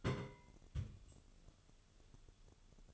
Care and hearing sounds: daily activity, microphone in the room; place on stove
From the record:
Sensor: 4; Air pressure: 1008.9 hPa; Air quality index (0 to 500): 131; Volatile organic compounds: 1 ppm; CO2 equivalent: 956 ppm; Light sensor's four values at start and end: 11/24/9/9 and 11/24/9/9

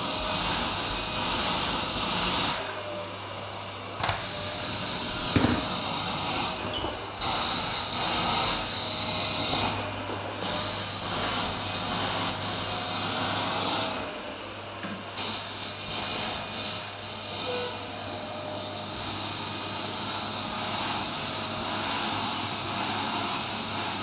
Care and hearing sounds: daily activity, microphone in the room; vacuum cleaning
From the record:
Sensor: 2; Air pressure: 1010.1 hPa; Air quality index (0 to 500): 162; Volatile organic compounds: 7 ppm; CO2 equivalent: 2030 ppm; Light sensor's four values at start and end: 37/90/40/45 and 41/99/44/50

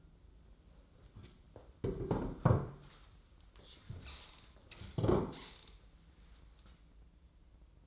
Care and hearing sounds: daily activity, microphone in the room; sit down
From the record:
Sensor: 3

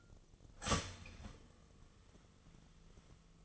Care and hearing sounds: daily activity, microphone in the room; start toaster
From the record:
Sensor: 4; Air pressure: 1010.2 hPa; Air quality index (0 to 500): 177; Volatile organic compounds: 5 ppm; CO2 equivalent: 1793 ppm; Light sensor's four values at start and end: 23/69/27/27 and 24/71/28/28

